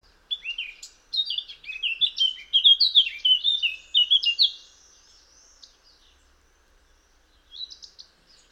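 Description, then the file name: Eurasian blackcap delivering a lively four-and-a-half-second warble of fluty, tumbling notes, then quiet, with a brief soft phrase near the end. "Sylvia atricapilla"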